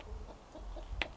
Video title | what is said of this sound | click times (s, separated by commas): Finishing the cabin power and celebrating my birthday | Push it in until it clicks, and then tighten that down. | 1.0 s